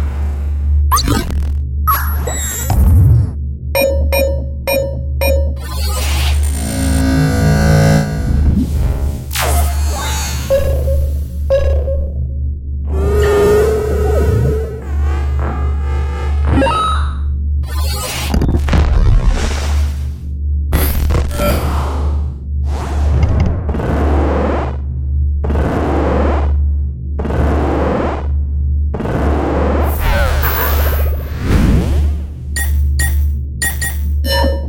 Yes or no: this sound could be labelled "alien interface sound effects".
yes